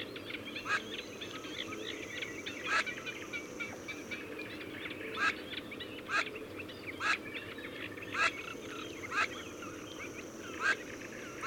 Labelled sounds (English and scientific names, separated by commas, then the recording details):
Eurasian Teal (Anas crecca) call
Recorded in the wild
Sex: female
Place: Blankensee, Mecklenburg-Vorpommern, DE
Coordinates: 53.404, 13.221
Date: 1982-06-05 22:00
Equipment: Nagra III BH, Sennheiser MD 21, parabola
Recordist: Schubert, Michael
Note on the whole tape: Leises Rufen von Krickenten - Weibchen in der späten Dämmerung, sehr selten zu hörender Ruf